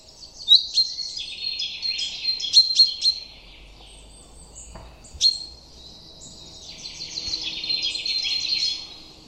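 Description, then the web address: Common chaffinch song: two bright, rattling phrases of rapid high notes, separated by a sharp single note. Faint low rumble underneath. "Deverinetal 2025 File origin Bird Only Fr Co"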